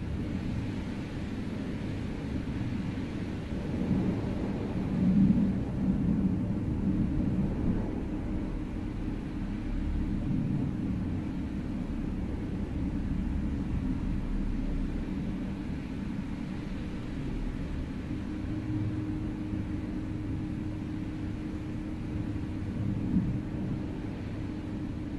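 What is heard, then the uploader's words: Wind blows steadily throughout, a dense, low rumble with a slight gust around five seconds. From about seventeen seconds a faint, sustained ringing tone, like a singing bowl, hums in the background beneath the wind. Two hours of meditation among the clouds, between the light to moderate wind blowing, a calm and uplifting environment. Light to moderate wind blowing, a calm and uplifting environment, sounds of Tibetan bowls.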